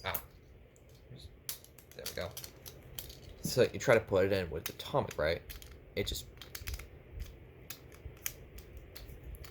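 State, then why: Not seated. Someone talks while pressing a modded plastic and metal spinning-top layer into an Atomic driver and disc assembly, making several light rattling taps and clicks against each other. The parts fail to lock together, and nothing has seated or clicked in.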